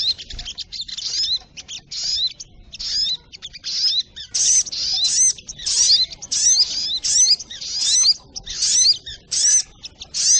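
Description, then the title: Little spiderhunter song, rapid shrill chattering bursts with curling whistled notes, repeated quickly and growing fuller after the first few seconds. Masteran training recording, labelled Labaik. "Masteran Burung Sogok Ontong Labaik"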